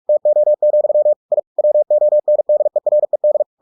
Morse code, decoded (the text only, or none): TO, I WONDERED